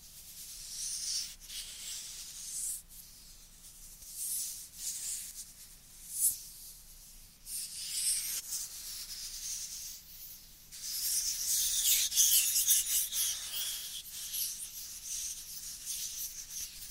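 Dry hands rub together in a series of scratchy, bright strokes that swell and fade every second or so. The friction grows longer and louder after about eleven seconds, with a faint steady low hum underneath throughout.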